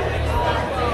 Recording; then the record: background sound without coughing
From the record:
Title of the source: CITY SOUNDS Busy Bar in the Evening Night - 2 HOURS of Ambiance for Relaxation